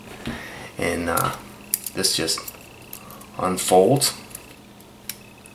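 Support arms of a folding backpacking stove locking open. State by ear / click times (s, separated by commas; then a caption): seated / 5.1 s. Someone talks while unfolding a small ultralight backpacking stove and folding its handle down, with a few light metallic taps and handling sounds. The stove's metal support arms click into their open position at 5.1 s, locking them in place.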